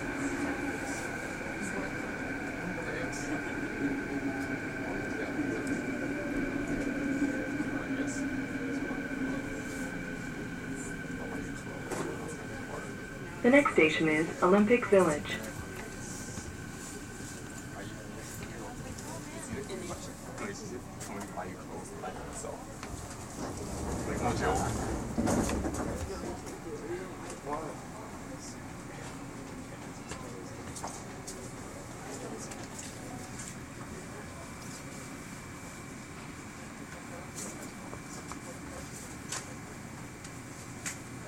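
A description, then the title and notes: Riding a train: a steady low rumble and hum carry through, with a faint whine in the first seconds that fades away. Two short bursts of voices around 14 seconds, then a louder rush of noise near 25 seconds before the ride settles again. Riding the SkyTrain. Vancouver SkyTrain!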